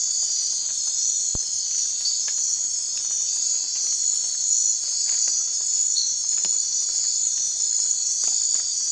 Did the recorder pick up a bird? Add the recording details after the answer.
no. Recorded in secondary vegetation near Puerto Asís, Putumayo, Colombia, on 12 March 2025 at 02:30. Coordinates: 0.499, -76.323. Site G094